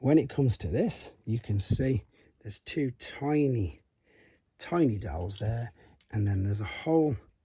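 Someone talks while handling a plastic combiner limb of a transformer toy, lining it up with the main robot's two tiny dowels and a hole with a small lip, meant to be secured in two ways. Only speech is heard, with brief pauses between phrases and no distinct click. The part has not seated or clicked into place yet.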